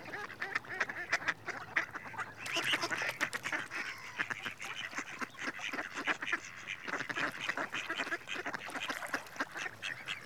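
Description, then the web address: Mallard giving a dense run of rasping, nasal calls in rapid bursts, continuing steadily for the whole stretch. Male. "BBC Sound Effects Library. Mallard (Anas Platyrhynchos) Male"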